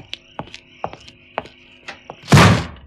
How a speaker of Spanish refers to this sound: La puerta, al cerrarse, sacudió toda la casa.